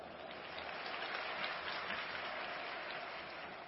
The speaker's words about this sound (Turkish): Hogwarts'tansanız alkışlayın. Durmstrang'tansanız alkışlayın. Ve eğer Big Spaces'tansanız alkışlayın.